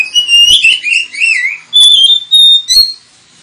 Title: KACER NGOTOT FULL TEMBAKAN. Kacer dimana SAJA Bakalan NGEPLONG GACOR dengan Pancingan Kacer ini